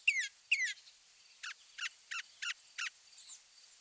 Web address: Birding by Ear, Eastern and Central North America - Peterson Guides. Mimics Northern Mockingbird